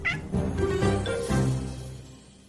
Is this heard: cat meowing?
yes